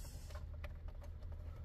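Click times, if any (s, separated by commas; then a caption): none. A climate control wire harness connector is handled at the radio or dash kit socket during a radio replacement in a 2008–2010 Chrysler 300/300C. A steady low hum runs underneath faint, light plastic handling taps. The plug has not been pushed home; nothing has seated or clicked yet.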